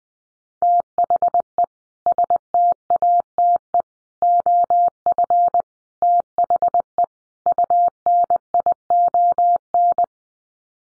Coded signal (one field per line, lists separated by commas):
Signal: Morse code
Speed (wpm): 19 wpm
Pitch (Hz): 700 Hz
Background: none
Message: THE STATE OF THE UNION